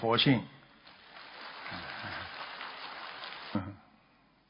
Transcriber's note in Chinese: 掌声